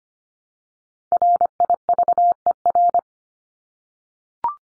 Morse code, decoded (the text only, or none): RIVER